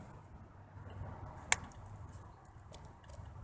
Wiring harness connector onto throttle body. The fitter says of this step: should hear a little snap all right everything's good to go